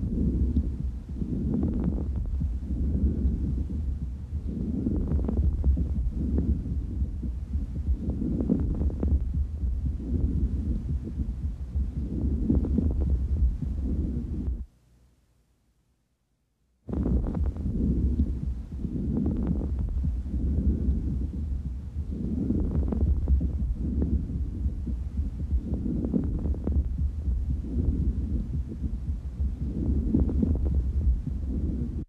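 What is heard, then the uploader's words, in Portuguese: Muffled, low chest sounds through a stethoscope pulse in a steady rhythm with faint crackly texture, broken by about two seconds of silence midway. Som de Creptações finas com som brônquico decíduo. Lembra barulho de cabelo.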